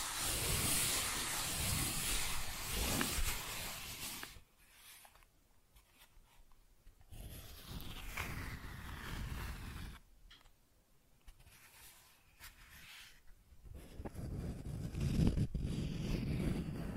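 Cardboard being scratched and scraped, with dense rough rasping in bursts: a loud stretch at the start, then quieter gaps near 4–7 seconds and 10–13 seconds. The scraping returns heavier toward the end, with a sharper tearing rip around 15 seconds.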